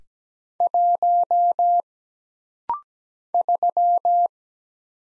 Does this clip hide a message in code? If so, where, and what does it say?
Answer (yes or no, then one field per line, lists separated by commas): yes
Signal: Morse code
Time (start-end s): 0.6-4.3 s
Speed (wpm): 17 wpm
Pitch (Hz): 700 Hz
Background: none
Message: 1 3